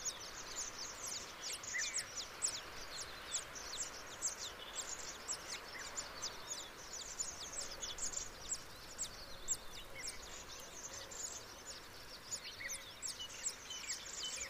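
Baya weaver chatter, dense high chirps and twitters running without pause, with a few lower notes and a steady background hiss.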